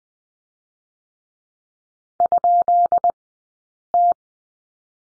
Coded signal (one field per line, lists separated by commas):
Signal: Morse code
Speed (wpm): 20 wpm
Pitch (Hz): 700 Hz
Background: none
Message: ?T